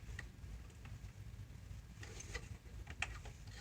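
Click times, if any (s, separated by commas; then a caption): 0.2 s. A RAM memory module is pressed with light pressure into a motherboard DIMM memory slot until the slot latches close, with a sharp click at 0.2 s. Several more light ticks follow between 2.0 and 3.0 s, the sharpest at 3.0 s, over a low steady hum. The module is seated.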